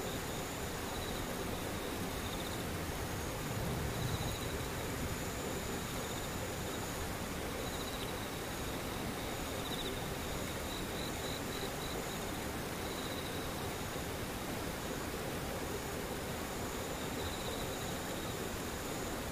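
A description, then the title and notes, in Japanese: Steady rain hisses evenly for the whole stretch, with a low rumble underneath and a brief swell near four seconds. Thin, high insect and cicada tones run continuously above it, pulsing slightly, while the overall level stays unchanged. 雨ムシセミ無音。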